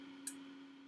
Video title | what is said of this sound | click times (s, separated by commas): Cornet/Trumpet (and also useful for Tenor Horn) Valve Maintenance | Okay, so I'm now pushing the valve down slightly, and I twist it clockwise and it will click. Just have a listen. | 0.3 s